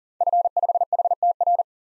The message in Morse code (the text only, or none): F5HTR